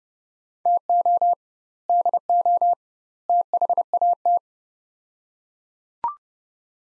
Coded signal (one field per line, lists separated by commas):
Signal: Morse code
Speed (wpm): 32 wpm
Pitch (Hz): 700 Hz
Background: none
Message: TO DO THAT